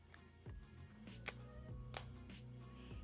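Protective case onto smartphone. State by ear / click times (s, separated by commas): seated / 2.0 s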